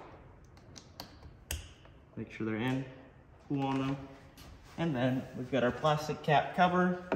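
Two plastic electrical wiring connectors from the side mirror of a 2022 Ford F-350 King Ranch are plugged by hand into the truck door harness, and they click in with sharp short ticks at 1.0 s and 1.5 s. The connectors are seated, and then someone talks.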